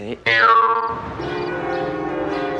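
A loud bell strikes sharply and rings on with a rich, sustained tone full of layered overtones, the hum slowly fading while other chimes shimmer over it.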